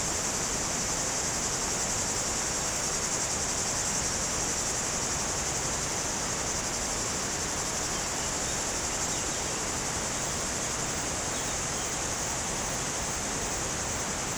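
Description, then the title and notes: Continuous cicada buzzing, high and even, holding level for the whole stretch while a river rushes underneath. Cicadas very active in trees near the Jourdan river on the slopes of the Grand Colombier above Culoz, France, on a hot day; river audible. "Chem. de Romagnieux, 01350 Culoz, France - Rivière et cigales. Sur les pentes du Grand Colombier au dessus de Culoz , par cette chaude journée les cigales sont très actives dans les arbres près du Jourdan"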